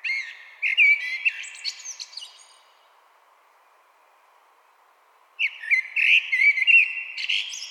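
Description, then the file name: Common blackbird singing two phrases: low fluty warbled notes followed by high squeaky twittering, separated by a pause of about three seconds. "Turdus merula"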